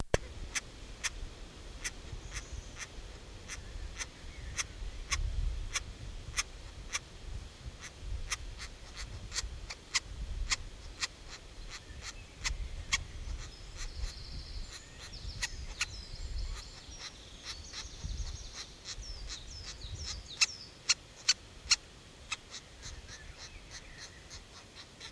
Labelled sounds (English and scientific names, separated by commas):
Grey-headed Woodpecker (Picus canus) begging call